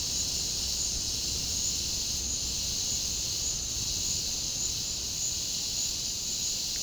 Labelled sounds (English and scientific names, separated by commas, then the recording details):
none
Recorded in dense forest near Puerto Asís, Putumayo, Colombia, on 20 February 2024 at 08:30
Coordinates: 0.485, -76.325
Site G6429